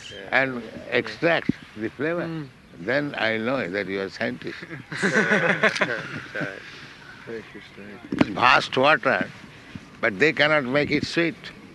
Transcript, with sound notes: and extract the flavor. Then I will know that you are scientist. [laughter] ...the vast water, but they cannot make it sweet.